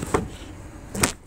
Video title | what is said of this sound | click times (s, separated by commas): The Hatch Back Chevrolet Cruze available at Jimmy Britt Chevrolet for Harry | up and lock into place as that beautiful jet black cloth interior has | 1.0 s